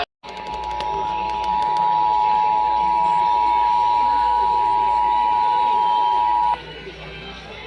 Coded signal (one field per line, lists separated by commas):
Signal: Emergency Alert System (SAME) tones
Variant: 853 and 960 Hz attention tone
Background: speech